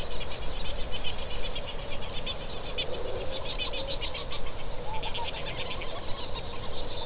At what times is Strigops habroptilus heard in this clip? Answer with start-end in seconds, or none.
none